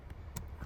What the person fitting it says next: Once you hear a click, then you're good to go.